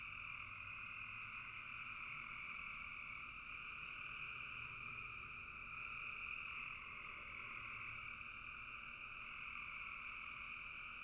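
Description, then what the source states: Frogs in full chorus, a constant high trilling drone layered over a lower band, never stopping. Frogs calling in a bog.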